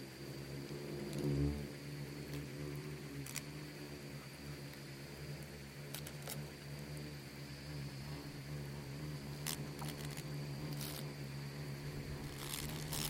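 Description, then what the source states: Insects buzzing as a swarm, a steady low droning hum with layered overtones, scattered dry ticks and crackles, and a brief louder buzz near the start. Bugs and beetles swarming in the Namib desert, among the micro-sounds of a desert soundscape that seems quiet at first listen.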